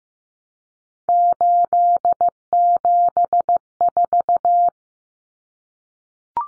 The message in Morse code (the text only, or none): 874